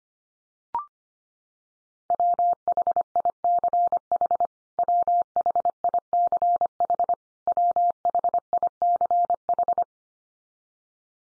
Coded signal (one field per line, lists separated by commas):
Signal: Morse code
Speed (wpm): 25 wpm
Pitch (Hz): 700 Hz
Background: none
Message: WHICH WHICH WHICH